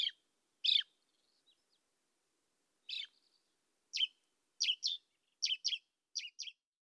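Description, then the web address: Marsh warbler giving sparse sharp calls, first singly with long quiet gaps, then in quick pairs. Nominate subspecies palustris. "acrocephalus palustris palustris"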